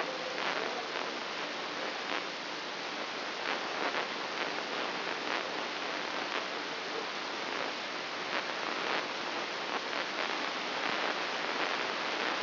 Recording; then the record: brain microelectrode recording played as sound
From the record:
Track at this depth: outside the subthalamic nucleus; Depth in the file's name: 6.861 mm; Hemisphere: left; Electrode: 3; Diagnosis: Parkinson's disease